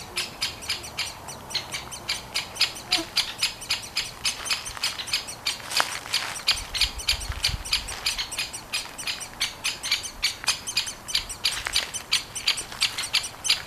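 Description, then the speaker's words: Great spotted woodpecker young call nonstop with dense, shrill, repeated begging notes, a few louder sharp clicks standing out, and a low rumble partway through. Two nestlings calling from a tree cavity. "Onnistuin äänittämään pätkän, jossa kuuluu vaimeasti käpytikan rummuttelua, aikuisen linnun varoitusääniä ja tikanpoikien konsertti."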